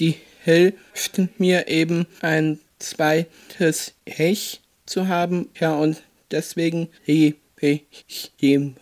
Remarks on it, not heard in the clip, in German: Der 27-Jährige hat in seiner Kindheit einen epileptischen Anfall erlitten, lag mehrere Tage im künstlichen Koma und stottert seitdem. Doch die Musik hilft ihm sozusagen als Therapie und Medizin.